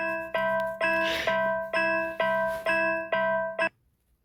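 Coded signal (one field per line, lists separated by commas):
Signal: none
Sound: musical piano notes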